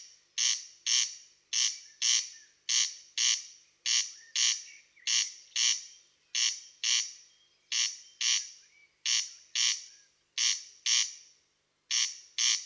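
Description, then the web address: Corn crake rasping steadily in paired harsh notes, a rhythmic crex-crex repeated over and over with brief gaps, and no other clear sounds. "tydzien eko MEDIA Derkacz"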